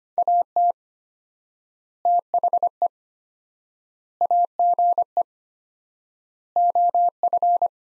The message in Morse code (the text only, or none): AT THE AGE OF